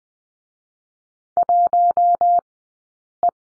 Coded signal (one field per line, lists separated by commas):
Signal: Morse code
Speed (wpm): 19 wpm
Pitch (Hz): 700 Hz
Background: none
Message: 1 E